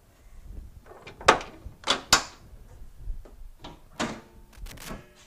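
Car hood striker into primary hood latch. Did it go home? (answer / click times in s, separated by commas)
no / none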